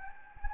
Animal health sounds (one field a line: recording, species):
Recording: mosquito wingbeat signal from an infrared sensor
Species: Anopheles gambiae